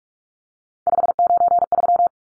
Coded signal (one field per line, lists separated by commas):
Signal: Morse code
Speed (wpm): 44 wpm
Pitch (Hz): 700 Hz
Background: none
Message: 593